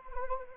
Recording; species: mosquito wingbeat signal from an infrared sensor; Anopheles arabiensis